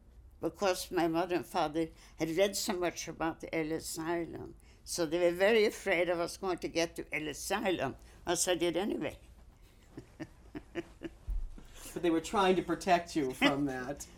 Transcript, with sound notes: Because my mother and father had read so much about the Ellis Island, so they were very afraid of us going to get to Ellis Island, as I did anyway. ( she laughs )
But they were trying to protect you from that.